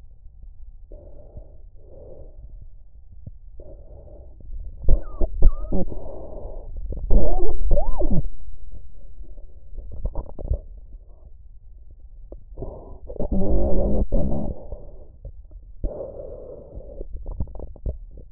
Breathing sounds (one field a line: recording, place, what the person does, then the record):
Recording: lung sounds by stethoscope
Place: trachea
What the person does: quiet breathing, then cough and speech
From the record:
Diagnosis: interstitial lung disease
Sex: female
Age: 53 years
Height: 168 cm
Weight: 108 kg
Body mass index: 38.3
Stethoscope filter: extended mode